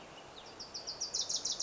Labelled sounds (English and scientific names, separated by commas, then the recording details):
Wilson's Warbler (Cardellina pusilla)
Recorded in Sonoma County, California